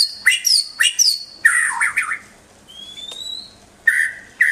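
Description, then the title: White-rumped shama phrases: sharp high whistles and rasping notes, a quiet thin rising whistle in the middle, then loud notes again at the end. Vigorously singing master shama; song used to train the toughness of a newly kept shama. "mster Mnuk. Suara Murai Batu Gacor Master untuk Melatih Ketangguhan Murai Baru Milik Anda"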